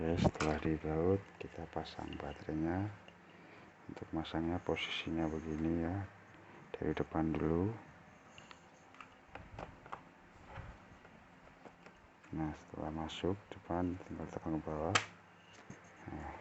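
Someone talks while a battery pack is lined up front edge first in the battery bay of a Dell Latitude E6430 laptop, ready to be pressed down. Faint handling taps are heard between about 8.4 and 9.9 s. Nothing has seated or clicked yet.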